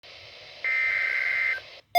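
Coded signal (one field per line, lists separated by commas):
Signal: Emergency Alert System (SAME) tones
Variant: header bursts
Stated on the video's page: Tornado Watch on NOAA weather radio station WXK85, Oklahoma City.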